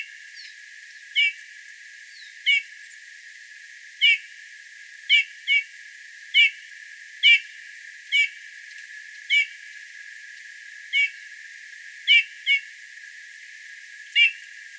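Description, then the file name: Eurasian bullfinch calls: piping notes, sometimes paired, given at uneven intervals over a light hiss. "Pyrrhula pyrrhula"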